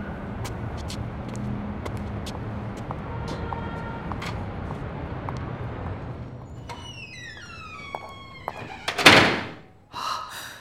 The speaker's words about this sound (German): Ich mache Ihnen noch kurz die Tür auf.